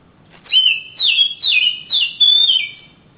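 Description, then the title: Oriental magpie-robin singing five loud slurred whistles, each dropping in pitch, delivered about every half second. Kacer, described as a champion master singer from Kalimantan and Sumatra, singing energetically (gacor). "Kicau Kacer Juara Master Kalimantan Sumatra Gacor"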